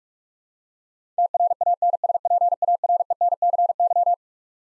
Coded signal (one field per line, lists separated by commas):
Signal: Morse code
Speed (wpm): 45 wpm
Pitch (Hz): 700 Hz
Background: none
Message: TRANSPARENCY